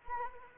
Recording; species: mosquito wingbeat signal from an infrared sensor; Anopheles arabiensis